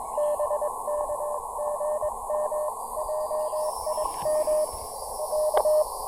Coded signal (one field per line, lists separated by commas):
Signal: Morse code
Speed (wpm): 22 wpm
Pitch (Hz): 620 Hz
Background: radio noise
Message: BK GM JIM K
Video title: Brunswick Town SHS POTA: Battling the bands with two field antennas and one cool new AX1 accessory!